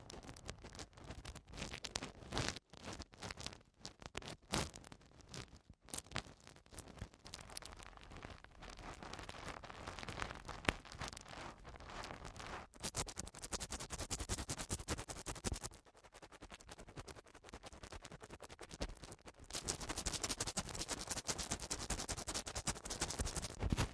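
Ear cleaning produces dense, crackly scratching and rustling that runs without pause, fluttering in bursts and growing brighter and busier after about 19 seconds.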